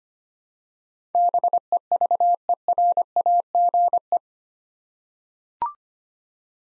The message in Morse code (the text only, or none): BEVERAGE